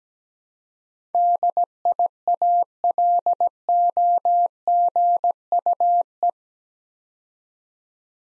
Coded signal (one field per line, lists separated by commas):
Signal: Morse code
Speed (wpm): 17 wpm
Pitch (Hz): 700 Hz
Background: none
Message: DIALOGUE